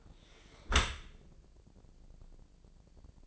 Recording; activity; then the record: daily activity, microphone in the room; close dishwasher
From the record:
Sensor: 5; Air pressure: 1012.4 hPa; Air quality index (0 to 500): 157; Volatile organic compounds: 2 ppm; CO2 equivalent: 1070 ppm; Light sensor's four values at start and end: 100/240/101/112 and 99/238/100/112